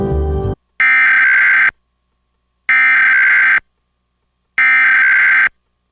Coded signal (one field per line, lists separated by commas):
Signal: Emergency Alert System (SAME) tones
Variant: header bursts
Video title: EAS Mock: Test TOR before Test TOA before RWT before RMT (Requested)